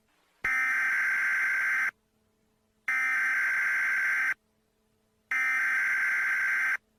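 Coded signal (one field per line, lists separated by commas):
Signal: Emergency Alert System (SAME) tones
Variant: header bursts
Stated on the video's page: Fictional EAS scenario depicting a sea level rise outbreak; simulated alert, not a real broadcast.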